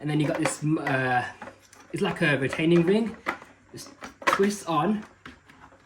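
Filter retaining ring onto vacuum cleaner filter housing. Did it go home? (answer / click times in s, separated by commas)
yes / 5.3 s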